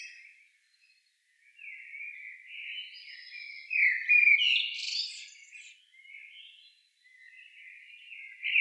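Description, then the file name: Eurasian blackbird: songbird warbling in varied fluty phrases with higher squeaky notes mixed in, softer at first and swelling in the middle. "Turdus merula"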